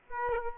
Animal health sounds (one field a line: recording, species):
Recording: mosquito wingbeat signal from an infrared sensor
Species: Aedes aegypti